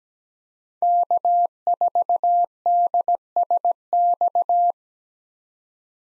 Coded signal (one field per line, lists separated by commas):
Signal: Morse code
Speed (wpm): 17 wpm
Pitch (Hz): 700 Hz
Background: none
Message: K4DSX